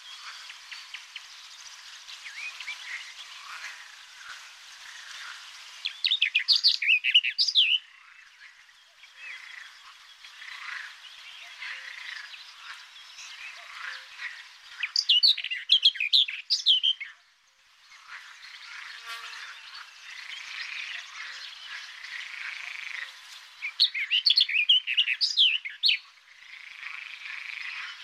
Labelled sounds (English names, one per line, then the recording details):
Barred Warbler song
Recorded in the wild
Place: Telehany, BY
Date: 2005-05-24
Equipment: Minidisc Sony MZ-R35, Telinga DAT, Telinga-Parabolspiegel
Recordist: Schwarz, Dieter